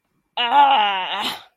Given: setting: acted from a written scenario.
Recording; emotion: vocal sound without words; disappointment